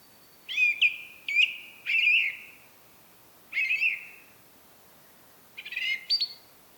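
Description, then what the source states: Song thrush song: a series of varied whistled and buzzy phrases separated by short pauses. Recorded at Rambjøra on 30 March 2023 with a Zoom recorder.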